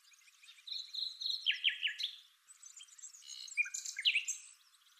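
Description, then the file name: Common nightingale singing two varied phrases of chirps, short whistles and rattling notes, split by a brief pause near the middle. "Luscinia megarhynchos"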